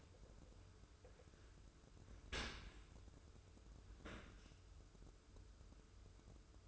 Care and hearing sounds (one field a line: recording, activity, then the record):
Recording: daily activity, microphone in the room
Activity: open dishwasher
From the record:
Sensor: 2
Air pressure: 995.6 hPa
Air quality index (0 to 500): 97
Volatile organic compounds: 5 ppm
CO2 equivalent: 1790 ppm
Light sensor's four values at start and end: 25/79/31/30 and 25/79/31/30